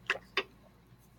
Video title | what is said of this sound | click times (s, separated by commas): Labs and TEsting continued | insert the capillary holder into the reagent cartridge until the holder gently snaps into place | 0.4 s